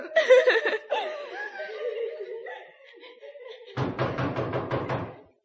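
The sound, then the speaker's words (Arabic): Chuckling vocal sounds give way to a rapid, loud burst of banging on a door by someone demanding it be opened, roughly eight heavy thuds in quick succession before it stops abruptly. “افتح يا نبقى يا نبقى. طول بالك جرى ايه؟ انت هتكسر الباب ولا؟”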